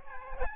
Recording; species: mosquito wingbeat signal from an infrared sensor; Aedes albopictus